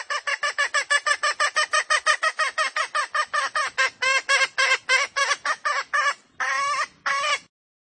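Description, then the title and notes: Junglefowl hen cackling: fast, even series of harsh, clipped notes that slows toward the end into a few longer squawks. Female junglefowl calls used as a lure recording to attract junglefowl. "Pancingan Ayam Hutan Betina. Suara Ayam Hutan Betina. Pemikat Ayam Hutan"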